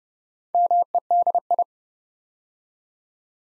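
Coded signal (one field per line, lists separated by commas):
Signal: Morse code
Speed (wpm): 30 wpm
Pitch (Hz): 700 Hz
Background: none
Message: MEDI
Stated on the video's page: Morse practice set building 8-letter words two letters at a time at 30 wpm, for instant character recognition training.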